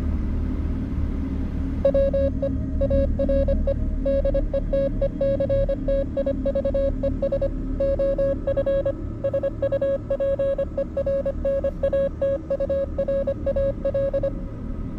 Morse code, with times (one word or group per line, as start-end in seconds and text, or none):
1.8-2.5 WE
2.8-3.7 ARE
4.1-7.5 DETECTIVES
7.8-8.9 OF
9.2-14.3 SUPERNATURAL